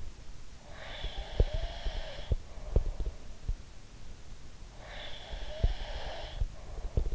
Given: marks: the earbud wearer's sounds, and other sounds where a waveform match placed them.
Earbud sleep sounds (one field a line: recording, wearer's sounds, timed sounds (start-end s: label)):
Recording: sounds in sleep by an in-ear microphone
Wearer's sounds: breath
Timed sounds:
0.66-3.08 s: breath
0.98-3.57 s: sound from someone else or the room
4.72-7.15 s: breath
5.33-7.15 s: sound from someone else or the room